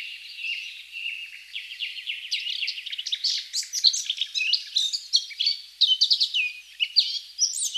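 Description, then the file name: Eurasian blackcap singing a rich, fast warble of varied chirps and short whistles, starting softer and growing busier and louder after a few seconds. "Sylvia atricapilla"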